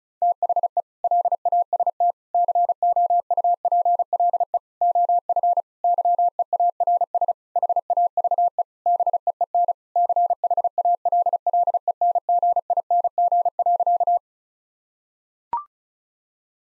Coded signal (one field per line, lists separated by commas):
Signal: Morse code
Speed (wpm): 34 wpm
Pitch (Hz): 700 Hz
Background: none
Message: THE LAST COUPLE OF YEARS HAVE BEEN CHALLENGING.